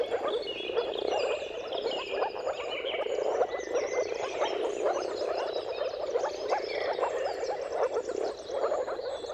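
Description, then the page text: Moor frogs in full chorus, an unbroken low gurgling drone of countless overlapping calls, with thin bird songs and trills higher up. Mating calls of a moor frog chorus recorded at sunrise, at the turn of March and April, timing depending on the weather. "Jakub-Orzecki moor frogs. Dawn’s Chorus: Mating Calls of Marsh Frogs at Sunrise. Depending on the weather at the turn of March and April, you can witness an amazing spectacle of moor frogs"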